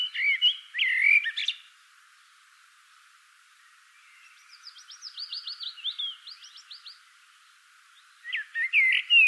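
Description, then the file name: Common blackbird calls: loud scratchy phrases at the start and end, with a soft rapid series of thin chip notes in between. "Turdus merula"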